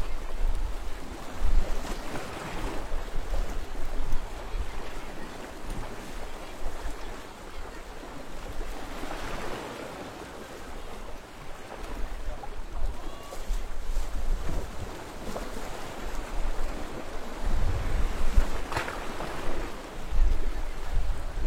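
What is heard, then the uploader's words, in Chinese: Waves wash against rocks below a seawall, a steady rushing roar with surges swelling every few seconds, notably around 2, 9 and 18 seconds. Strong wind buffets low and heavy underneath throughout, and the water sounds dense. 站在汕头东海岸的海堤上。East Coast, Swatow, Guangdong, China。海浪不断冲刷着这些石头。海浪和海风也更大了一些。我把录音机拿在了手上。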